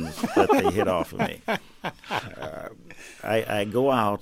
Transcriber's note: soundbite of laughter